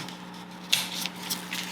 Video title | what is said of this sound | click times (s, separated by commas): AR15 -- Maintenance -- Basic Cleaning -- Rifle Assembly | this on our buffer should hear a click | 0.7 s